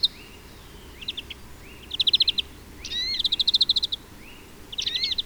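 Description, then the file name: European greenfinch twittering with rapid trills mixed with rising and sliding whistled notes. "Chloris chloris"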